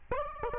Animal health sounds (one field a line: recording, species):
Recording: mosquito wingbeat signal from an infrared sensor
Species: Aedes albopictus